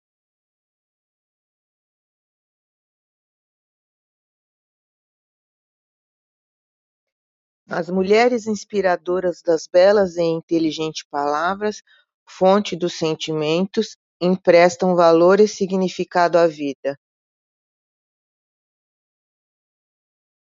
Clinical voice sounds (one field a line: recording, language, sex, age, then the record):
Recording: spoken sentence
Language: Brazilian Portuguese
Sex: female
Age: 70 to 79 years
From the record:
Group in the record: control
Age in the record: 72 years